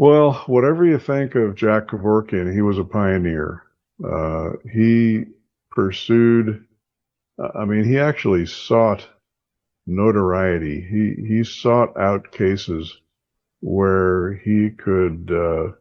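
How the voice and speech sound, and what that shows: One adult man speaks clearly in a low voice, with ordinary phrasing and pauses: normal speech.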